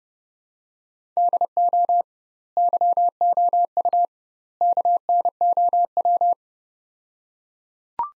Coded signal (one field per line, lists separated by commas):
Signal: Morse code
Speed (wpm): 31 wpm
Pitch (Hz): 700 Hz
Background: none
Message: DO YOU KNOW